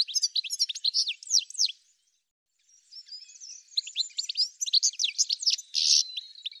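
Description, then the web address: Bird delivering fast, high, varied chirps and swooping notes in two bursts separated by a short pause, the second including a harsh buzzy rasp. "cianscape birddata"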